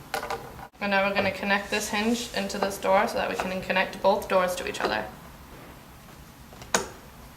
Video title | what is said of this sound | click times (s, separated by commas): JSI Cabinetry Designer Lazy Susan Cabinet Assembly | you'll hear it click into place and do the same with the other one and | 0.1 s